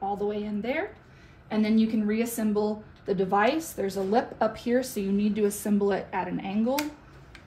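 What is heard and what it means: A Holter monitor body is being reassembled at an angle under a lip in its plastic housing while someone talks throughout. Nothing has seated or clicked into place yet; the clip ends just before the part goes home.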